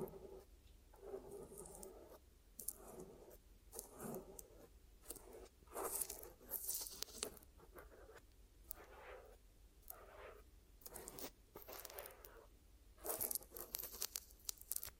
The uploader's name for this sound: Glue Ear Massage and Cleaning